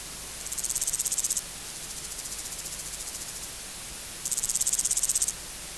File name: Omocestus bolivari